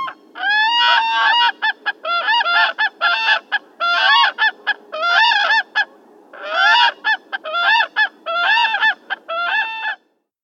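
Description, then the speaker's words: Whooping Crane calling in loud, harmonically rich trumpeting honks, delivered in rapid bursts with brief gaps and two main runs separated by a short pause. "Sounds we make distinguish us and give us our name, whooping cranes."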